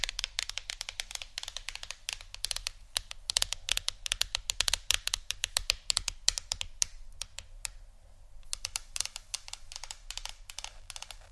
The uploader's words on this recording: ASMR Phonetablet Tapping（No Talking）.